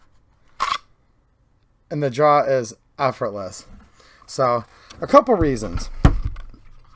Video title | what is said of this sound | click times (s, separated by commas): Stoeger STR-9 9mm : Forged Tec Holster Review : Quality & Affordable Custom Kydex OWB & Made In USA | just gonna use my finger so you can see the insertion is nice and smooth with a little click and the | 0.6 s